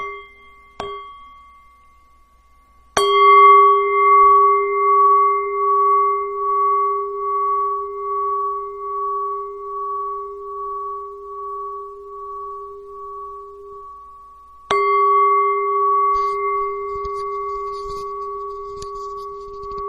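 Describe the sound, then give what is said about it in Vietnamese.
A Buddhist meditation bell is struck twice to begin a minute of quiet, each strike ringing out in a long, sustained, slowly wavering tone that fades gradually, with a light tap just before the first strike. “Mời đại chúng, chúng ta nghe tiếng chuông, chúng ta tĩnh tâm trong một phút.”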